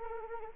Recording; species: mosquito wingbeat signal from an infrared sensor; Anopheles arabiensis